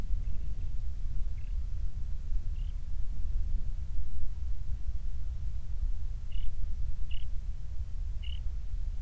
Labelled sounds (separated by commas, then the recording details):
songbird
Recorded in the Prudhoe Bay oil fields, Alaska, on 28 July 2019 at 06:06
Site 25